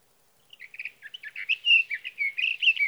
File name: Sage Thrasher